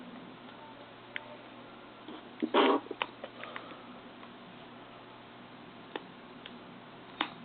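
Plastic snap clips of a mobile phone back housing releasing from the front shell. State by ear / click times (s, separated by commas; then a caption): released / 1.2 s, 3.0 s, 3.6 s, 6.0 s, 7.2 s. A fingernail is run along the seam of an LG Chocolate VX8500 slider phone's plastic housing to pry it apart, releasing the plastic snap clips of the back housing from the front shell one by one going around. Sharp clicks sound at about 1.2, 3.0, 3.6, 6.0 and 7.2 seconds, with a louder rubbing scrape around 2.5 to 2.7 seconds. The clips click open and the housing is released.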